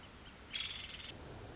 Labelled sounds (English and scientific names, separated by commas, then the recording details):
Nuttall's Woodpecker (Dryobates nuttallii)
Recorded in Sonoma County, California